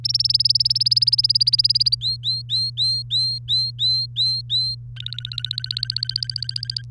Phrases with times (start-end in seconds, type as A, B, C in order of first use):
0.04-1.95 A, 2.01-4.75 B, 4.96-6.82 C